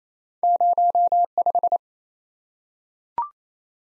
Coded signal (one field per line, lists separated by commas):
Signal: Morse code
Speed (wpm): 28 wpm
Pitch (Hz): 700 Hz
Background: none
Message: 05